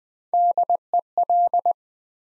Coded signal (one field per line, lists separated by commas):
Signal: Morse code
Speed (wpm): 20 wpm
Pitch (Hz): 700 Hz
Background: none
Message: DEL